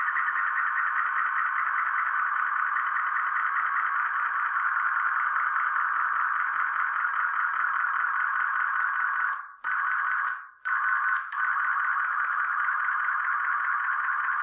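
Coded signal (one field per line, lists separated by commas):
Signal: multi-tone FSK (Olivia or MFSK type)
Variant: MFSK image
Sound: steady warbling hiss-like digital tone band with a quick regular flutter, briefly dropping out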